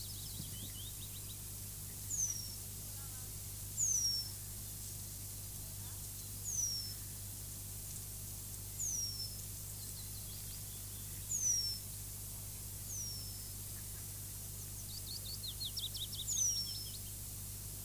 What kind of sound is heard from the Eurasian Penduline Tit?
call